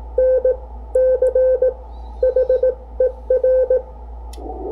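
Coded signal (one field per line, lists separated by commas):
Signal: Morse code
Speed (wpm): 18 wpm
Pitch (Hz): 510 Hz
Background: none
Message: NCHER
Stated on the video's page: Amateur radio CW ragchew and code practice.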